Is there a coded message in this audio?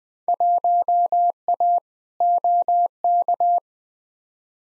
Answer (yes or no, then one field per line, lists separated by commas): yes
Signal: Morse code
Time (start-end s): 0.3-3.6 s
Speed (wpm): 20 wpm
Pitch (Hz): 700 Hz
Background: none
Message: 1A OK